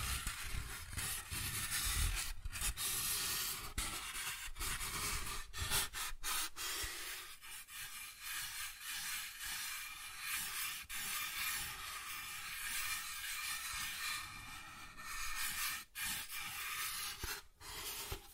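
Soft tracing across surfaces, a continuous papery rubbing with a gritty, sanding texture. The strokes run without pause, heavier and fuller in the first seven seconds, then lighter and thinner, with brief sharp ticks scattered throughout, notably near 2, 5.5, 16 and 18 seconds.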